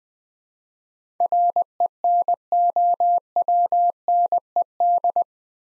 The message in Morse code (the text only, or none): RENOWNED